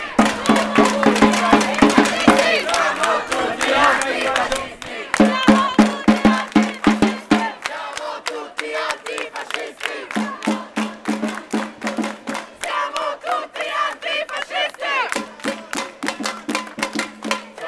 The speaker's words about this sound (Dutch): We zijn nu, er is nu een demonstratie aan de gang. Hoor je mij? Er is nu een demonstratie aan de gang. Dus ik dacht, dat is leuk, dan blijf ik stilstaan. Dan komt die demonstratie voorbij, dan heb je een leuke geluidje.